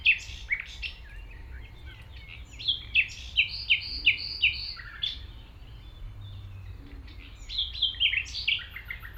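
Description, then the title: Common nightingale song in varied phrases of sharp repeated notes and whistles, with quieter gaps and a steady low hum beneath. Singing in tall grass at Chindrieux, France, approached on foot by the recordist; it is deaf to outside noise while singing. "195 Rue de Vars, 73310 Chindrieux, France - approche d'un rossignol"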